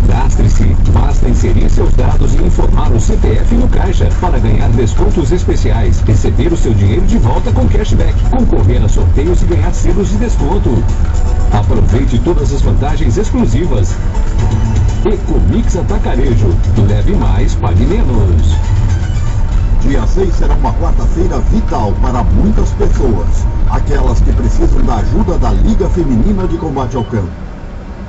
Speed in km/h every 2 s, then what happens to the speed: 24, 22, 21, 22, 23, 20, 21, 21, 21, 21, 21, 19, 17, 14.
0-21 steady at about 21. 21-28 slows to 14.